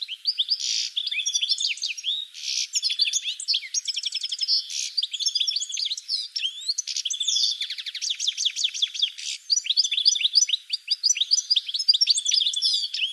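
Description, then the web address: Bird song, an unbroken, energetic medley of high chirps, rattling trills and whistled slurs running through the whole thirteen seconds. "cianscape birddata"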